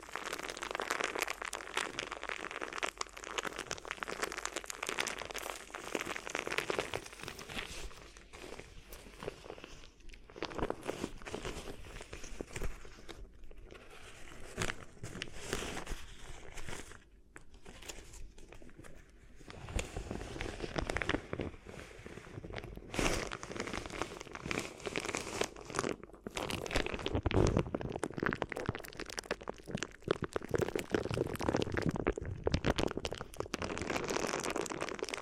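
Crinkly ear massage: dense, continuous crackling and crumpling that rustles steadily through the whole stretch, bright and hissy with a softer low rumble beneath. The texture surges and thins in waves, with brief near-quiet gaps around 10, 13, 17 and 23 seconds.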